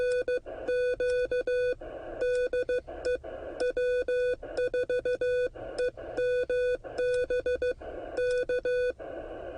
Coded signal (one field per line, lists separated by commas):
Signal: Morse code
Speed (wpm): 15 wpm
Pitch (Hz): 500 Hz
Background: none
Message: NQ DE W4EMB K